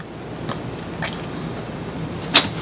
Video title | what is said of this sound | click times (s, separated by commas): Kendra's Card Challenge #17 Cards 6-10 | and I can read it so I'm in the right direction and it just pops right in place | 2.4 s